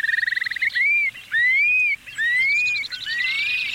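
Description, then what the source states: Long-billed Curlew calling: a quick bubbling trill opens, followed by several clear rising, arched whistles. Male's bubbling song given during his flight display, flying up with rapidly beating wings and gliding down in a series of arcs across the sky.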